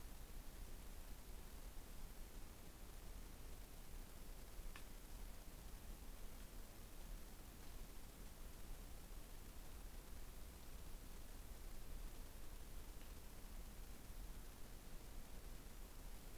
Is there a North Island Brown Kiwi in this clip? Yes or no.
no